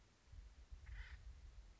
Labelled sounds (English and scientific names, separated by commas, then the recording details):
Acorn Woodpecker (Melanerpes formicivorus)
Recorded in Sonoma County, California